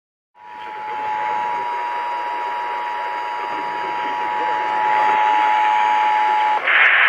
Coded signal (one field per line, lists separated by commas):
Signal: Emergency Alert System (SAME) tones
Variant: 853 and 960 Hz attention tone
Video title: BACK AT IT WITH KERN! Broadcast Radio EAS: Required Monthly Test (EAS #385-386)